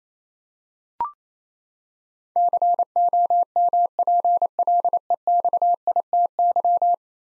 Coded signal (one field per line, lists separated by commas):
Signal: Morse code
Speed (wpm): 28 wpm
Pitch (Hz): 700 Hz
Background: none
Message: COMPLEXITY